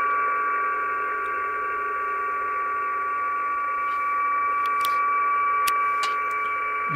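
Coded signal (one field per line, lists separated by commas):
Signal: PSK31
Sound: several faint steady warbling tones over shortwave hiss, with a few brief clicks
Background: radio static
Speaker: wier [Musik] CQ und dann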